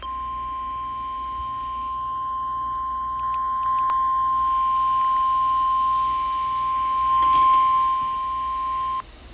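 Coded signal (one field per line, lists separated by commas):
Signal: Emergency Alert System (SAME) tones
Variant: 1050 Hz attention tone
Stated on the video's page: Severe thunderstorm warning SAME tones received from NOAA Weather Radio station WXL60.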